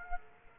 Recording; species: mosquito wingbeat signal from an infrared sensor; Aedes aegypti